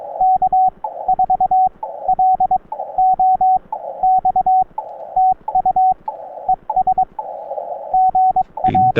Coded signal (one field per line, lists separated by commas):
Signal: Morse code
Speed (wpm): 22 wpm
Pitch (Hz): 750 Hz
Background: radio noise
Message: K4LOX TU ES GA